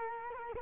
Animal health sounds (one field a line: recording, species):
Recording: mosquito wingbeat signal from an infrared sensor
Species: Culex quinquefasciatus